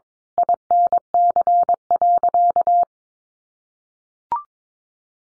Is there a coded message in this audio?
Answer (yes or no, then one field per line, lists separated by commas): yes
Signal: Morse code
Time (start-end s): 0.4-2.8 s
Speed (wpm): 22 wpm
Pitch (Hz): 700 Hz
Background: none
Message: INC.